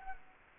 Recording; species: mosquito wingbeat signal from an infrared sensor; Culex quinquefasciatus